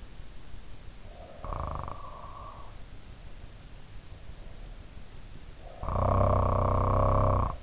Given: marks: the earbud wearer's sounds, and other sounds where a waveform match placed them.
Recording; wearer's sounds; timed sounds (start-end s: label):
sounds in sleep by an in-ear microphone; snoring breath
1.01-2.78 s: snoring breath
5.55-7.63 s: snoring breath